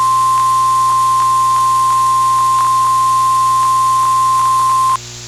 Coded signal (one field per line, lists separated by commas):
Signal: Emergency Alert System (SAME) tones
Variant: 1050 Hz attention tone